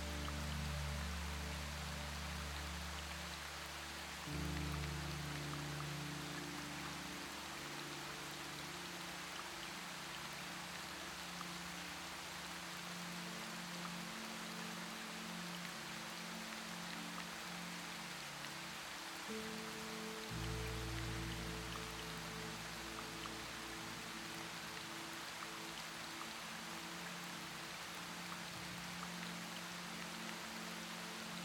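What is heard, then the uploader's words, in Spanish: Steady, dense rain hisses throughout while soft low sustained music tones shift gently underneath, changing chords near five and twenty seconds. Una SERENATA LLUVIOSA Fusionada con la MÚSICA. Cada gota de lluvia baila en armonía con melodías relajantes.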